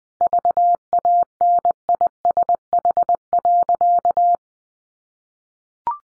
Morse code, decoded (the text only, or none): VANISH.